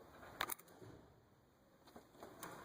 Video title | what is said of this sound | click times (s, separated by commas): Spark plug replacement 2009 Chrysler Town and Country plug wires Install Remove Replace How to | It did click, I heard it, I felt it. | 0.4 s